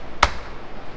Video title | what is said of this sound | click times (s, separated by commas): Ferrari 360 Spider Top Hydraulic Cylinder Replacement DIY | and give it a little thing until you hear those things snap in place. | 0.2 s